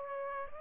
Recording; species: mosquito wingbeat signal from an infrared sensor; Aedes aegypti